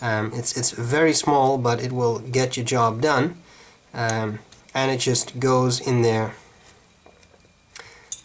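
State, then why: Seated. Someone talks while swinging out the small flathead screwdriver on a metal multi-tool, followed by a few faint metallic ticks. At 8.1 seconds it snaps into its locked-open position with a sharp click, so it is held securely.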